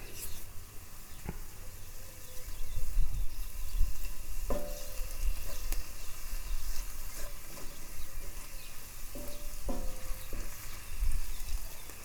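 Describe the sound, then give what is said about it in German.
Steady sizzling of food frying in a pan, with scraping and clinking as a utensil stirs it to mix in freshly added hot chili sauce and barbecue sauce, plus a few short metallic taps against the pan. No one speaks. “Wieder alles vermengen.”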